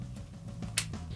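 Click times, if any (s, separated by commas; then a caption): 0.8 s. A Frozen Elsa ice skating doll's plastic skate is slid into its plastic skating base piece until it locks. A single sharp, loud snap rings out at 0.8 s between softer handling sounds around 0.6 s and 0.9 s. The skate is seated in the base.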